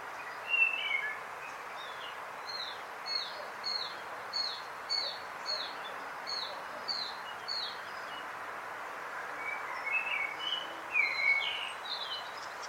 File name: karvaly hangja